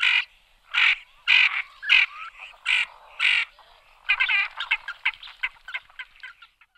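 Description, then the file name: Ferruginous Duck calls: harsh, rasping croaks in an irregular series, followed by a faster run of shorter scratchy notes that fade out. "moretta tabaccata"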